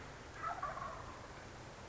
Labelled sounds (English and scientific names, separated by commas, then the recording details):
Wild Turkey (Meleagris gallopavo)
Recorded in Sonoma County, California